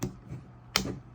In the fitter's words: even tension on the screws there's one click there's two